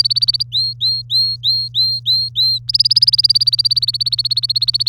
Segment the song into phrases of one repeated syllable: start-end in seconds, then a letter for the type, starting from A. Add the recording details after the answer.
0.00-0.43 A, 0.52-2.58 B, 2.69-4.88 A. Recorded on 24 April 2018 at 06:30. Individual llb3